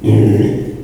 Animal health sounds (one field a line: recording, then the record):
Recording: squeal of a Yucatan mini pig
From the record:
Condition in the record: before surgery on the right vocal fold (resection and tissue-engineered implant)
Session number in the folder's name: 2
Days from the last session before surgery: 0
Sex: male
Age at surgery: 12 weeks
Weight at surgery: 13 kg